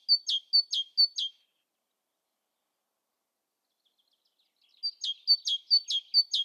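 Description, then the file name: Great tit song: two runs of rhythmic high-low whistled pairs, three then about four repeats, separated by several seconds of quiet. "Parus major"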